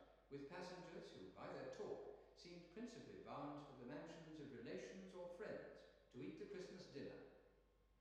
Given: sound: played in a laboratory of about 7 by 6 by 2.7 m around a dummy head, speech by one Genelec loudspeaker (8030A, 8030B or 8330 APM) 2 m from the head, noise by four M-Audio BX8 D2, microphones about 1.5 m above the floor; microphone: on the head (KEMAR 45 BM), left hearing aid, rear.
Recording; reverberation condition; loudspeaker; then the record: male speech in English; high; in front (0 degrees)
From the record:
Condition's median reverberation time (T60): about 1300 ms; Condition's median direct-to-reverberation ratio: about -4.0 dB